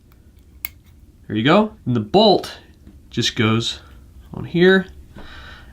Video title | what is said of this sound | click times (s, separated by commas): EMPIRE DFENDER REVIEW - BEST MILSIM MARKER? | just make sure the small end of the spring goes on the bolt gonna hear an audible snap there | 0.6 s